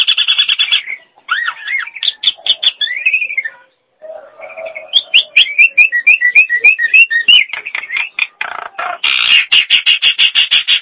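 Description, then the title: Nias hill myna song: harsh rapid rattles alternate with loud slurred whistles and a brief low note, followed by a chattering run of repeated notes. "Jalak Nias"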